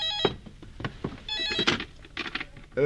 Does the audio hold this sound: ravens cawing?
no